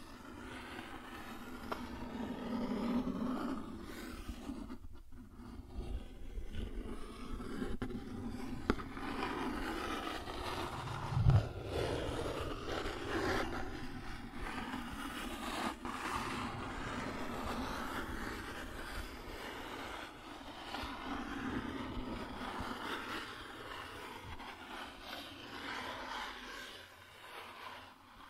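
Cardboard is scratched and traced in a continuous rough scraping that runs the full length with a low rumbling undertone. Its texture rises and falls slightly, broken by sharp clicks and snaps near 5, 9 and 16 seconds and a louder knock around 11 seconds.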